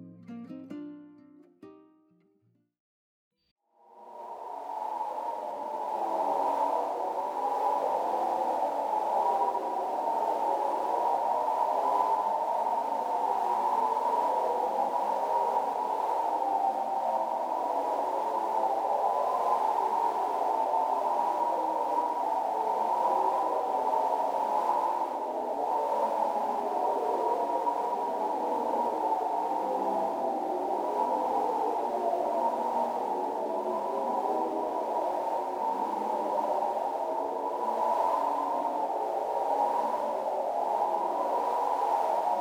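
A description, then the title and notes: A brief low, tonal murmur opens the recording, then drops to near silence for a couple of seconds. Around the four-second mark a dense, steady wind ambience swells in and holds, a churning rush concentrated in the low-mid range with a faint hiss above, barely changing to the end. Other-Worldly Wind Ambience.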